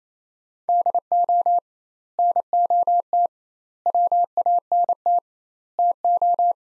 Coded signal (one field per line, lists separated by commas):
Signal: Morse code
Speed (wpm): 28 wpm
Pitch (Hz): 700 Hz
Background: none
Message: DO NOT WANT TO